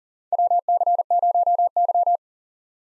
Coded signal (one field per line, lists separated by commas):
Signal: Morse code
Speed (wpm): 40 wpm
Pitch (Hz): 700 Hz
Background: none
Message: WC0Y